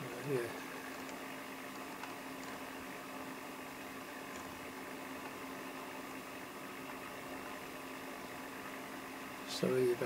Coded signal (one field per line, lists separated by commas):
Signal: FT8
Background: speech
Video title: The G4SWY WSJT-x Companion for FT4 and FT8